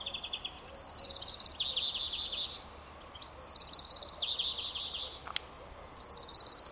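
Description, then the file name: European greenfinch giving spaced, high, buzzy trills with pauses between, over a soft background hiss; a single sharp click is also heard. "Chloris chloris"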